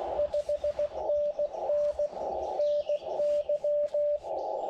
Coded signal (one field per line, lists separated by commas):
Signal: Morse code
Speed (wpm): 20 wpm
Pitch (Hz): 580 Hz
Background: radio noise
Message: 5NN NY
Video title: Morning CW POTA at Long Pond State Forest with the Xeigu G90